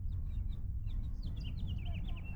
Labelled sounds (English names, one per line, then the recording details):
House Finch song
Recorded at Oceanside on Long Island, New York, on 17 June 1975
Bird C